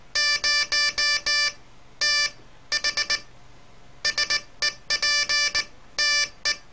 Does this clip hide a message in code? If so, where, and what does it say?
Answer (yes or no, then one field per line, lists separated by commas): yes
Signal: Morse code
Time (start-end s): 0.2-6.5 s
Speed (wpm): 18 wpm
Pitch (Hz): 1750 Hz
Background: none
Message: 0TH SEPTE